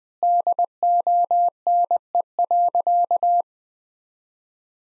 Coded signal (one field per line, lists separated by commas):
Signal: Morse code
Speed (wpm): 20 wpm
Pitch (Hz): 700 Hz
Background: none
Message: DONE.